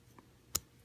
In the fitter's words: Okay, it snaps into there.